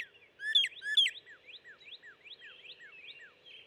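Northern cardinal song opening with two loud slurred notes, followed by a long series of soft descending whistles.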